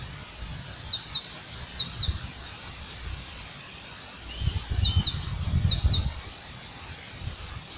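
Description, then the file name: Eurasian blue tit calls: two short series of high, thin, down-slurred notes separated by a pause, with some low background noise beneath. "Cyanistes caeruleus"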